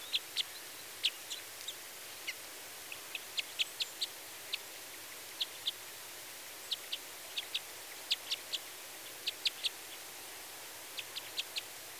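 Red crossbill calls: sharp, clipped kip notes given singly and in quick clusters of two to four, spaced irregularly over twelve seconds against a hissy background.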